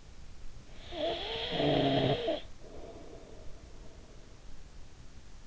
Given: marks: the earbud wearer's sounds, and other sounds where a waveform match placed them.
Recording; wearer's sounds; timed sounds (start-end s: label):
sounds in sleep by an in-ear microphone; snoring breath
0.44-4.11 s: snoring breath